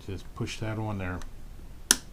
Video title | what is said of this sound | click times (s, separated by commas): Agora Models Lamborghini MIURA Pack 3, Stages 16 to 24 | clicks into place | 1.9 s